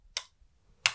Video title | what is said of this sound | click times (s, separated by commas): Hot Wheels Starships Select AT-ST - Star Wars Unboxing | You can hear it clicking because I'm trying to sort of get it seated in, but the feet positions are just narrower than the spaces on the base. | 0.2 s, 0.9 s